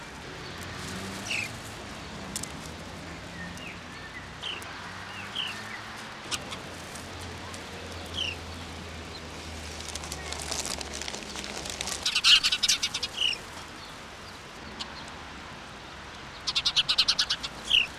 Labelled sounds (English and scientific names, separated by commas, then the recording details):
House Sparrow (Passer domesticus) song
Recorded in the wild
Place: Montreux, Kanton Waadt, CH
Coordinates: 46.4347, 6.90944
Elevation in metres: 373
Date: 1986-05-20
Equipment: Uher 4000 Report, Sennheiser MKH 815 T
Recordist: Tretzel, Erwin